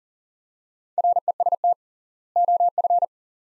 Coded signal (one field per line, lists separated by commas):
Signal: Morse code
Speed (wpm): 40 wpm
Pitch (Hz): 700 Hz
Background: none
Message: REST OF